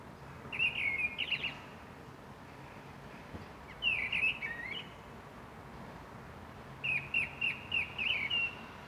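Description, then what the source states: Thrush song: three short phrases of sharp, varied whistled notes, each about one to two seconds long and repeated at intervals of a few seconds, over a faint steady background hiss. Recorded 23 February 2019 at 08:25.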